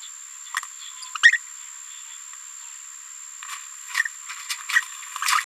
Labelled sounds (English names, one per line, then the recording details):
Green-rumped Parrotlet babbling
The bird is a female
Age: 27 days
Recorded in a nest box in Venezuela
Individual 17B73B2